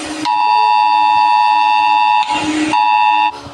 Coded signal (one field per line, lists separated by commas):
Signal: Emergency Alert System (SAME) tones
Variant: 853 and 960 Hz attention tone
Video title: eas alarm cuaderno 5